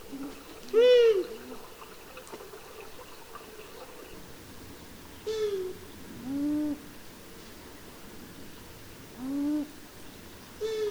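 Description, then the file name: Long-eared owl calls: arched, nasal whining notes with strong overtones, given singly every few seconds, some paired with a lower, shorter note. "Hibou moyen duc"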